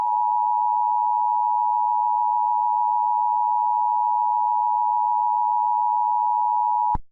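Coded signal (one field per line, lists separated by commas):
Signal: Emergency Alert System (SAME) tones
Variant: 853 and 960 Hz attention tone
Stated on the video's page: Mock EAS Required Monthly Test, a simulated recreation.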